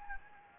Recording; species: mosquito wingbeat signal from an infrared sensor; Anopheles gambiae